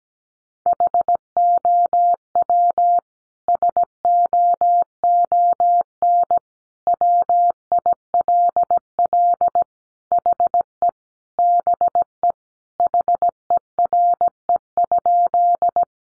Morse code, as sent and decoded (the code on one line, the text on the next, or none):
.... --- .-- / ... --- --- -. / .-- .. .-.. .-.. / .... . / -... . / .... . .-. . ..--..
HOW SOON WILL HE BE HERE?